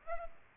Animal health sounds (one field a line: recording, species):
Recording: mosquito wingbeat signal from an infrared sensor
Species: Aedes aegypti